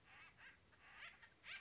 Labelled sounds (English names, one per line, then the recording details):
Acorn Woodpecker
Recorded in Sonoma County, California